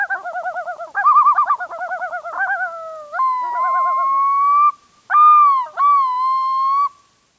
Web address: Yellow-billed Loon